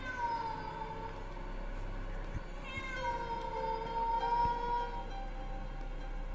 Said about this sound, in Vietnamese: Vừa quay lại thì cùng lúc lại có tiếng con mèo ở trên giường.